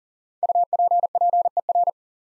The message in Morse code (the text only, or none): UPPER